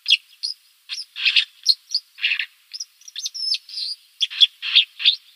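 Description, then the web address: White-throated dipper song of harsh, rasping notes alternating with thin, high whistles, given in quick succession. "Schulze Peter White-throated Dipper song"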